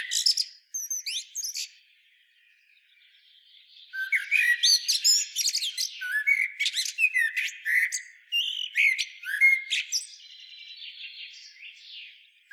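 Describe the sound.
Common blackbird giving a brief squeaky phrase, a quiet pause, then a long run of rapid high, chattering and whistled notes.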